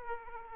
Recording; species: mosquito wingbeat signal from an infrared sensor; Aedes aegypti